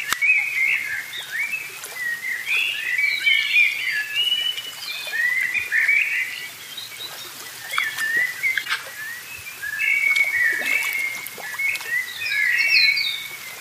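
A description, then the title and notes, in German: Birds chirp and twitter without pause in a park, several calls overlapping in a busy, bright chorus. Short trills and tweets come in quick runs, over a soft, steady outdoor hush. Bernrieder Park am Starnberger See.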